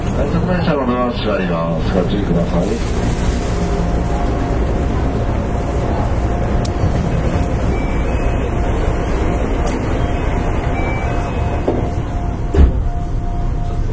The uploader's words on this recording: JR西日本223系 JR神戸線快速 神戸から大阪まで. JR西日本223系電車の走行音です。 JR神戸線の快速列車で録音しました。 Running noise of JR West 223 series train.